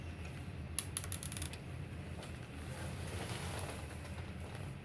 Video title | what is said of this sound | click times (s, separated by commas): Nintendo GameCube DOL001 Reassembly | all you got to do is push it down you'll hear it click | 0.8 s, 1.0 s